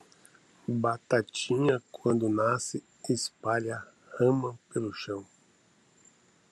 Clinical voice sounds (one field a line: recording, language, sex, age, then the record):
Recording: short text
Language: Brazilian Portuguese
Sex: male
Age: 50 to 59 years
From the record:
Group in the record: control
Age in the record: 56 years